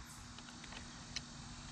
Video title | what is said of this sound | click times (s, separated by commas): Wiring my LS-Swapped Jaguar XJ-S | pops right into here | 1.2 s